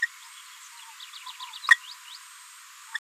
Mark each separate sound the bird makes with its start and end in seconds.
0.01-0.07, 1.26-1.31, 1.64-1.77, 2.94-2.98